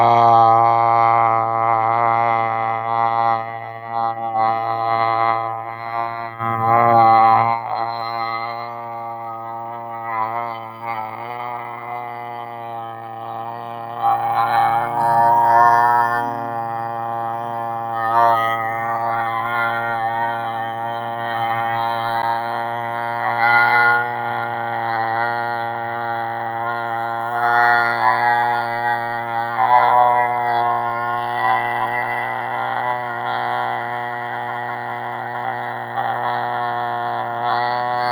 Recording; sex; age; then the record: vowel held as long as possible; male; 30 to 39 years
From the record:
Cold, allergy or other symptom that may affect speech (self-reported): no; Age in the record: 36 years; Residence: California, United States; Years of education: 14